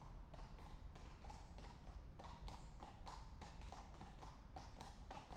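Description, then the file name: Horse hoofbeats: an unhurried, steady clatter of hooves striking a hard surface, with a low continuous rumble underneath. Two horses walking at a slow pace past on cobblestones. "Het stapvoets voorbijlopen van twee paarden op kasseien - Sound Cloud - Beeld en Geluid"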